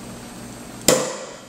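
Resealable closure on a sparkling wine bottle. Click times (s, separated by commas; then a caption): 0.9 s. A resealable closure on a sparkling wine bottle is opened by lifting its tab with the thumb. After a quiet stretch, a sharp, loud pop sounds at 0.9 s with a brief ringing tail as the closure releases.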